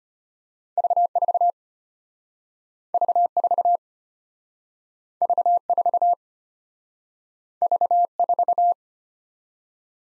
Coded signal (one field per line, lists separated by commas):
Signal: Morse code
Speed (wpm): 33 wpm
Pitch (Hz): 700 Hz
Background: none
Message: V4 V4 V4 V4